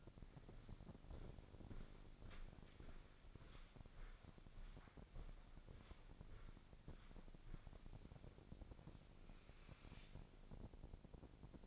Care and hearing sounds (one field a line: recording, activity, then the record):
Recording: daily activity, microphone in the room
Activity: walk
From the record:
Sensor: 5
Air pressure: 1009.4 hPa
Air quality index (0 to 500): 153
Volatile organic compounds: 2 ppm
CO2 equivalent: 1184 ppm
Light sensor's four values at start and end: 378/906/388/432 and 376/902/387/430